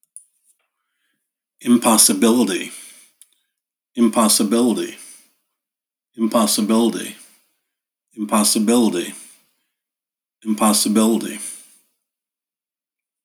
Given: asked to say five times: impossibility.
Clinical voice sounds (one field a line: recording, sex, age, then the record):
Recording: repeated word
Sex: male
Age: 50 to 59 years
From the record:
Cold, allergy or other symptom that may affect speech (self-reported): no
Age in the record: 58 years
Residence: New York, United States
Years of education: 19